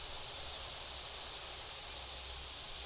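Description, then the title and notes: Gilded sapphire calling: a thin, very high buzzy trill lasting under a second, then three short sharp high chips spaced evenly apart. "Hylocharis chrysura. Áudio do pio do beija-flor-dourado . Fonte: WikiAves"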